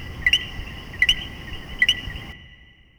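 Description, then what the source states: Common coquí calling co-qui three times, low note leaping to a higher rising note, before the sound fades out. Puerto Rico.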